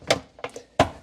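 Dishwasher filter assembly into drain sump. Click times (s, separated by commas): 0.8 s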